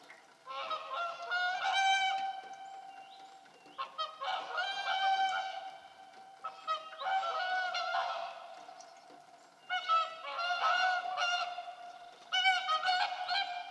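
Whooper swans calling in bouts of several resonant trumpeting notes, separated by brief quieter pauses, with multiple birds overlapping.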